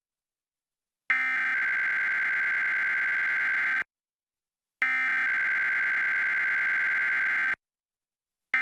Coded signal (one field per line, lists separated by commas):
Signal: Emergency Alert System (SAME) tones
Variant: header bursts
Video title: Tests and warnings... (EAS Capture #65-75)